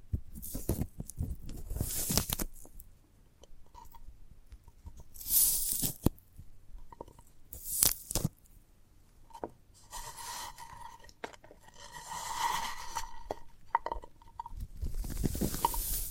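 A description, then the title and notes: Someone handles and breaks into a sprouted coconut, with bursts of crunching and tearing near the start, around 5 to 6 seconds, at 8 seconds, and again at the end. Between them come quieter scrapes, clicks and a faint ringing tone around 10 to 14 seconds. ASMR of a Sprouted Coconut (No Talking).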